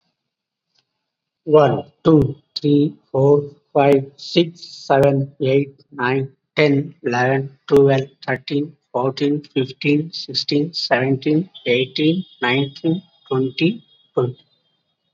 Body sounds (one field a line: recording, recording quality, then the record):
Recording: counting at a normal pace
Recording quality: excellent, no background noise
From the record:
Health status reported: COVID-19 positive, moderate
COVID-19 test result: positive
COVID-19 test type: RT-PCR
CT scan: not taken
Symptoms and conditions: cough, fever, fatigue, muscle pain, loss of smell and taste, diabetes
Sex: male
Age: 39 years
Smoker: no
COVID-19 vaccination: both doses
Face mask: not worn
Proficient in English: no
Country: India